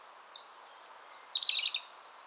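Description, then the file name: European robin singing a quick varied phrase of thin high whistles, sliding notes and a short descending trill, with a brief pause before a final high whistle. "Erithacus rubecula"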